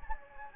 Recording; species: mosquito wingbeat signal from an infrared sensor; Anopheles gambiae